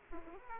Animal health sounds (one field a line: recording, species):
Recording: mosquito wingbeat signal from an infrared sensor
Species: Aedes aegypti